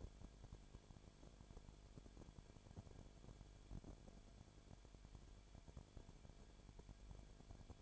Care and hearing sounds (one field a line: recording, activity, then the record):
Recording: daily activity, microphone in the room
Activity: no activity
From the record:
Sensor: 5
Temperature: 19.8 degrees Celsius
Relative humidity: 33.3%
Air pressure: 1001.4 hPa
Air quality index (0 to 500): 31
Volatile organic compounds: 1 ppm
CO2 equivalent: 523 ppm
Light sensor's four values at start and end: 2/3/1/1 and 2/3/1/1